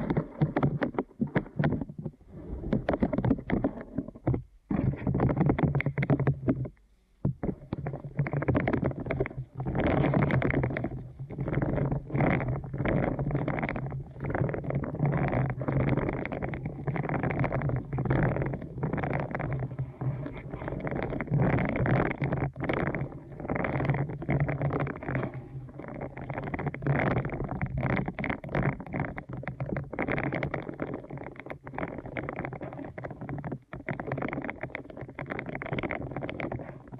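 Deep ear canal massage: thick, muffled rubbing and rumbling that runs almost without a break, with a steady low hum underneath. Quick scratchy crackles flicker through it constantly, and the sound cuts out briefly just before 5 seconds and again near 7 seconds.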